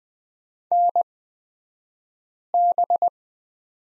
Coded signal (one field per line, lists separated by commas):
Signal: Morse code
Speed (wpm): 20 wpm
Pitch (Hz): 700 Hz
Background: none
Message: NB